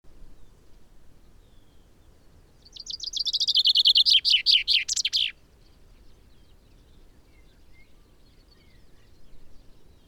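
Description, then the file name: Common chaffinch sings one rattling, descending phrase of quick repeated notes that closes with an emphatic flourish, with quiet background otherwise. "Fringilla coelebs"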